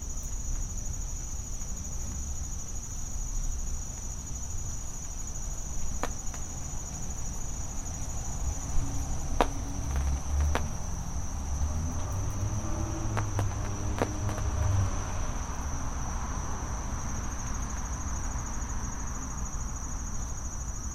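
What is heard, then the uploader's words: A back yard on a Saturday: a steady high cricket trill throughout over low rumble, with scattered clicks and knocks around the middle. The sounds of a back yard on a Saturday in August.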